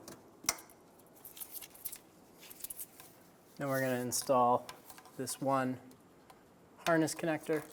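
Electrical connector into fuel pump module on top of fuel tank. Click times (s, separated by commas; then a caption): 0.5 s. An electrical connector is pushed onto the fuel pump module on top of the fuel tank of a 2000–2006 Toyota Tundra while the tank hangs halfway up, during a fuel strainer replacement. It snaps home with one sharp, strong click at 0.5 s, followed by a few faint ticks and handling noises before someone talks. The connector is seated.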